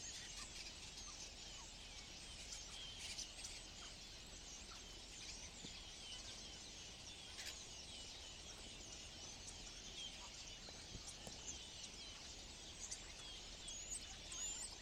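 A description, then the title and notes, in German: An evening at a clay pit, filled with a dense, unbroken chorus of high chattering, whistling and squeaky bird calls, starling-like in texture. Sharp clicks and louder calls burst out now and then, around three, seven and eleven seconds, over a faint low rumble. Ein Abend in der Lehmgrube. Nicht so laut, wie sonst, da irgendwann ein Star direkt ins Mikrophon brüllt. Aber echtes AB-Stereo.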